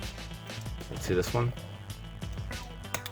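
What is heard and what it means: A plastic limb of a Marvel Legends Strong Guy build-a-figure is handled against the figure's body ball socket while music plays and someone talks. Brief handling knocks are heard near 1.9, 2.5, 2.9 and 3.1 seconds, but nothing has seated or clicked yet.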